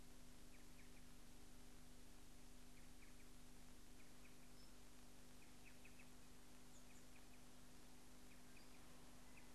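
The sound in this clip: Striated pardalote calling, quick high chip notes in small clusters about once a second, with constant low background hum.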